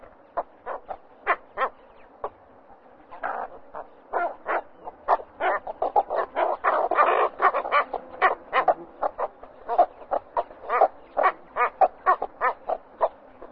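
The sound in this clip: Cattle egret calls, short harsh croaking notes repeated in a fast irregular series, bunching into a denser burst of chattering midway before spacing out again.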